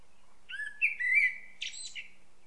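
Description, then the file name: Common blackbird delivering a rising whistled phrase that swells, then a scratchy high twitter to finish. "Turdus merula"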